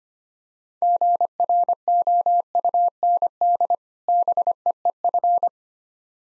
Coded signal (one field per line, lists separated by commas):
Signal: Morse code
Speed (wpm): 25 wpm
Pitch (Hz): 700 Hz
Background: none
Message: GROUND BEEF